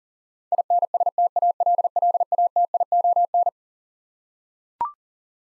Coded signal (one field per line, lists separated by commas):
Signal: Morse code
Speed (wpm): 40 wpm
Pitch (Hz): 700 Hz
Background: none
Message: INSTALLATION